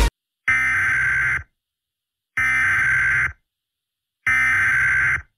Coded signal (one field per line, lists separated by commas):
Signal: Emergency Alert System (SAME) tones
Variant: header bursts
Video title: EAS Short Scenario 27 - The Mummy